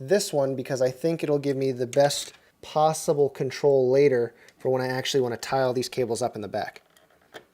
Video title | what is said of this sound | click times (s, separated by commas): How to Build A PC Full Tutorial | you plug going in all the way I heard it pop or not pop but snap into place | 7.0 s